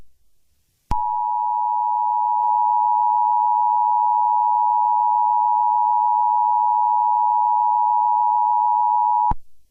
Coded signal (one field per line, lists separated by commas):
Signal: Emergency Alert System (SAME) tones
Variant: 853 and 960 Hz attention tone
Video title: EAS Scenario #16: Moby Dick